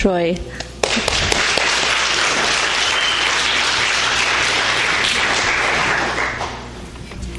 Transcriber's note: applause